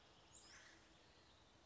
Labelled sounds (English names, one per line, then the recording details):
Acorn Woodpecker
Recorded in Sonoma County, California